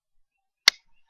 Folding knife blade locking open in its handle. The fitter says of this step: and I'm sure the sound was loud enough to where you could hear that click